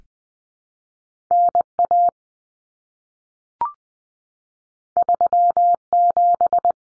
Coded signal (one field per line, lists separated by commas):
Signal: Morse code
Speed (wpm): 20 wpm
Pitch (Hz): 700 Hz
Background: none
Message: NA 37